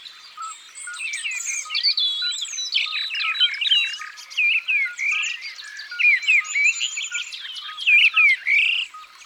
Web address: Rossignol philomele. abc de la nature